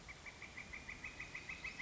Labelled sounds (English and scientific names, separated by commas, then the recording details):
Northern Flicker (Colaptes auratus)
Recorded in Sonoma County, California